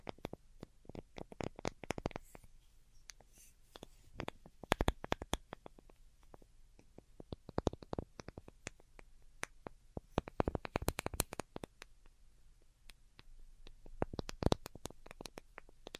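Delicate tapping runs throughout, quick light taps in irregular clusters with brief pauses between them. Each tap is a sharp, crisp click reaching high up, with denser bursts around four to five seconds, ten to eleven seconds, and a louder tap near fourteen seconds.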